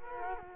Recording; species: mosquito wingbeat signal from an infrared sensor; Culex quinquefasciatus